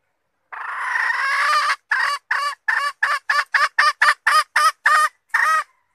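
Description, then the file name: Red junglefowl hen sounds a long drawn nasal note, then a rhythmic string of short harsh calls, ending with a slightly longer one. Female (hen) wild junglefowl calling to find a mate. "tieng ga rung mai keu tim kiem ban tinh"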